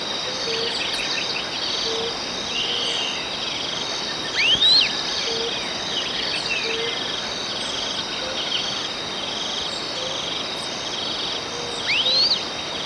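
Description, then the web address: Long-tailed tyrant calls: two brief upswept whistles about seven seconds apart amid a dense, steady insect drone and scattered faint chirps. Recorded in Ecuador. "S America Birds of Ecuador. Long-Tailed Tyrant"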